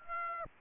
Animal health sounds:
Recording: mosquito wingbeat signal from an infrared sensor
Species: Aedes aegypti

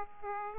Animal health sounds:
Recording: mosquito wingbeat signal from an infrared sensor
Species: Aedes aegypti

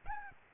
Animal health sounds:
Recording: mosquito wingbeat signal from an infrared sensor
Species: Aedes albopictus

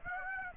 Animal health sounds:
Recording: mosquito wingbeat signal from an infrared sensor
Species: Aedes aegypti

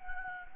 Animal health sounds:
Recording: mosquito wingbeat signal from an infrared sensor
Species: Anopheles gambiae

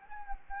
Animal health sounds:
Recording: mosquito wingbeat signal from an infrared sensor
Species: Anopheles gambiae

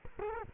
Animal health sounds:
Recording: mosquito wingbeat signal from an infrared sensor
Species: Culex quinquefasciatus

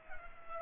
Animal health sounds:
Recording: mosquito wingbeat signal from an infrared sensor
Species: Culex pipiens

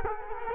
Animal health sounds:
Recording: mosquito wingbeat signal from an infrared sensor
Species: Culex quinquefasciatus

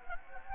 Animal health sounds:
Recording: mosquito wingbeat signal from an infrared sensor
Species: Anopheles gambiae

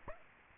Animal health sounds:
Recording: mosquito wingbeat signal from an infrared sensor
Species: Aedes aegypti

